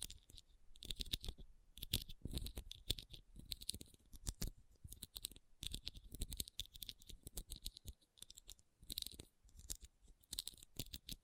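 Rhinestones are tapped and scratched in quick, uneven bursts of crisp clicks and rasping scrapes. The sounds come in clusters roughly every second or two, bright and sharp with a glittery top, separated by brief near-silent pauses.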